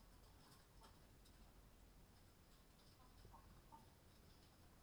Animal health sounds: poultry house recording; healthy chickens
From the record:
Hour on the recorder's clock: 20

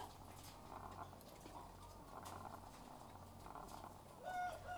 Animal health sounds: poultry house recording; sick chickens (respiratory disease)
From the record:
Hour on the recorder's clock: 13

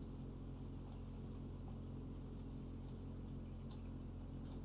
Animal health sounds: poultry house recording; healthy chickens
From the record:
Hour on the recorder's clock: 22

